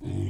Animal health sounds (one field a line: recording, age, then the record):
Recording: pig call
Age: weaner (32 to 43 days)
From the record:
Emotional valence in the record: negative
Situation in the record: negative conditioning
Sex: female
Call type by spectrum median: low-frequency call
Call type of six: low-frequency stable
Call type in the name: low-frequency stable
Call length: 0.30 s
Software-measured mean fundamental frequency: 50 Hz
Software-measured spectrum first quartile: 100 Hz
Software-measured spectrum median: 165 Hz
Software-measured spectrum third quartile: 344 Hz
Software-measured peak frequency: 118 Hz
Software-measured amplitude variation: 165 dB a second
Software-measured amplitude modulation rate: 31.7 a second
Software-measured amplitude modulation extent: 5.2 dB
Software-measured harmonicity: -1.2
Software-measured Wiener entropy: -0.39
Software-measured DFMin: 1039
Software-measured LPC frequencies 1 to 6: 265, 2186, 3144, 4866, 6545, 7447 Hz